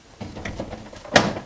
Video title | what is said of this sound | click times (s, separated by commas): How To Install A Range Hood Under A Cabinet | and then it snaps right in place | 0.5 s, 1.2 s